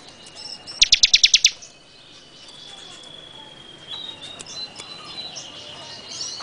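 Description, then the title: Bar-winged prinia song: one short burst of about eight quick, sharp high notes, then faint thin whistles over a steady background hiss. "Suara Burung Ciblek"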